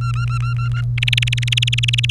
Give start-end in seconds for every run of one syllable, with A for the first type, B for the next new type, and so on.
0.01-0.81 A, 0.97-2.11 B